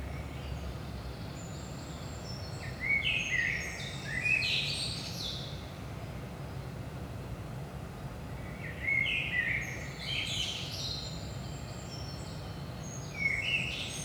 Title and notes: Saint-Gilles, Belgique - 5am Blackbird. Blackbird in the morning. Merle au petit matin